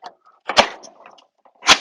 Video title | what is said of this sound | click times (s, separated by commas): Z Poolform AutoCover Instructional Video | you can see how it snaps right in | 0.5 s